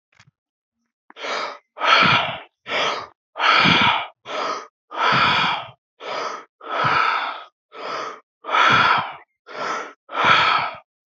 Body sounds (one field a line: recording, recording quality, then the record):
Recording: shallow breathing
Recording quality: excellent, no background noise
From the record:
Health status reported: healthy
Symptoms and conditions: none ticked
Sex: male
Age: 26 years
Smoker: not ticked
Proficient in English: yes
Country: India